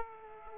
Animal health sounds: mosquito wingbeat signal from an infrared sensor; Aedes aegypti

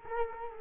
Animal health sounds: mosquito wingbeat signal from an infrared sensor; Culex quinquefasciatus

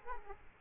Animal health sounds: mosquito wingbeat signal from an infrared sensor; Aedes aegypti

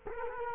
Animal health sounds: mosquito wingbeat signal from an infrared sensor; Culex quinquefasciatus

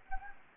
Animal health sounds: mosquito wingbeat signal from an infrared sensor; Anopheles gambiae

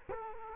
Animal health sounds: mosquito wingbeat signal from an infrared sensor; Culex quinquefasciatus

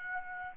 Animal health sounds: mosquito wingbeat signal from an infrared sensor; Aedes aegypti

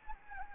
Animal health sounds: mosquito wingbeat signal from an infrared sensor; Anopheles gambiae

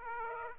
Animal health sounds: mosquito wingbeat signal from an infrared sensor; Aedes aegypti

